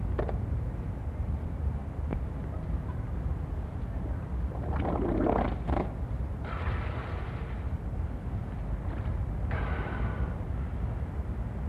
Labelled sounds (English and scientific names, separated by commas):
Harbor Seal (Phoca vitulina)